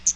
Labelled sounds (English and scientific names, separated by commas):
Hooded Warbler (Setophaga citrina) flight call